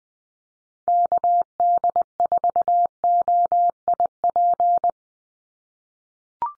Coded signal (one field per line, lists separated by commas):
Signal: Morse code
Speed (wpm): 20 wpm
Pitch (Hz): 700 Hz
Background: none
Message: KD4OIP